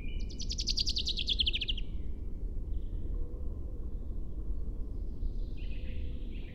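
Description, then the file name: Common chaffinch giving a fast, dropping trill at the start, followed by faint thin whistles over constant low-pitched background noise. "Fringilla coelebs"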